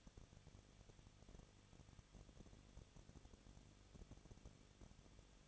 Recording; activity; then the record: daily activity, microphone in the room; no activity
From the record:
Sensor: 4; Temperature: 23.1 degrees Celsius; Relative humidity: 34.0%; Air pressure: 1007.1 hPa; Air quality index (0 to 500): 216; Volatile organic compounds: 15 ppm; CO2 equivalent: 2501 ppm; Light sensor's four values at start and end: 2/3/1/1 and 2/3/1/1